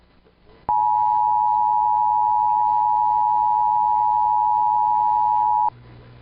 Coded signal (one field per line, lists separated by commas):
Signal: Emergency Alert System (SAME) tones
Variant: 853 and 960 Hz attention tone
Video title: EAS 18: WASHINGTON D.C. AMBER CHILD ABDUCTION ALERT